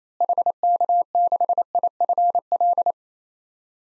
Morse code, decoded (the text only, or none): HK6IFL